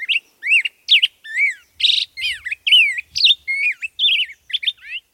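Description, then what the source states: Black-headed Grosbeak song, a fast series of short, sweet whistled phrases rising and falling in pitch, with a few burry notes. Its song can be confused with the American Robin's; some say it sounds like a drunken robin.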